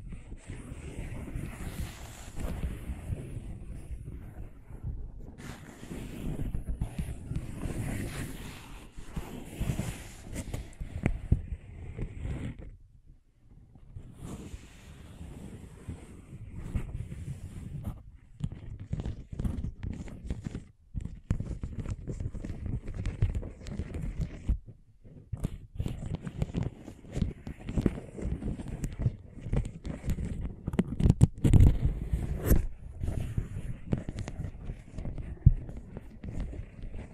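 Scratching and tracing: a rough, dense rasping that runs almost the whole time, heaviest in the low end with a thin hiss on top. It comes in uneven bursts, pausing briefly near 13, 21 and 25 seconds, with a few sharp scrapes around 31 seconds.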